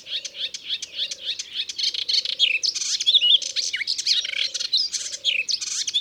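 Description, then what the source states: Melodious warbler song: a rushing, unbroken medley of high chirps, slurs and short trills, over a low droning note repeating about once a second. Recorded in Ardèche.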